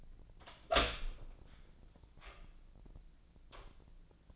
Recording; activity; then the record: daily activity, microphone in the room; open door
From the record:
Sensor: 5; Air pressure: 1009.2 hPa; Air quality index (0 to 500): 169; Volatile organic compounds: 2 ppm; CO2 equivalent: 1293 ppm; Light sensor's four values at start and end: 191/456/193/209 and 191/456/193/210